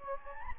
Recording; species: mosquito wingbeat signal from an infrared sensor; Anopheles gambiae